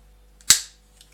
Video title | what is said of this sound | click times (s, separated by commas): Yoda Republic Attack Shuttle Transformer review | clicks into place | 0.5 s